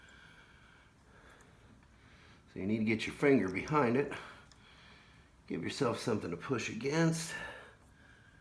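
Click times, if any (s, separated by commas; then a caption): none. Someone talks while a finger is braced behind a plastic turn signal wiring connector and it is pushed toward its mating plug during a Custom Dynamics LED turn signal swap on a 2019 CVO Road Glide, done without removing the fairing. Only the speech and a quiet background are heard; the connector has not yet seated or clicked.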